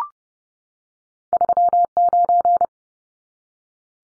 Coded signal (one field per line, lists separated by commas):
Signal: Morse code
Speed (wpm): 30 wpm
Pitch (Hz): 700 Hz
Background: none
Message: 39